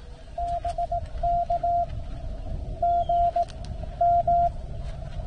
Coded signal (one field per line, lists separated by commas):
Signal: Morse code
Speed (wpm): 16 wpm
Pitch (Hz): 700 Hz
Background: radio noise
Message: BK GM